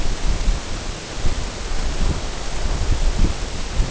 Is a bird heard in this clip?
no